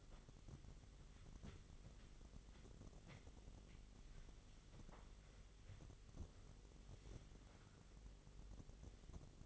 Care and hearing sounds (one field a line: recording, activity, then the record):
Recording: daily activity, microphone in the room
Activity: wipe stove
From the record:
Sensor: 4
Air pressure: 1004.0 hPa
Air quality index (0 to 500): 156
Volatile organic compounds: 2 ppm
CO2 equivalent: 1108 ppm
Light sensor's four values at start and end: 13/29/12/13 and 12/29/12/13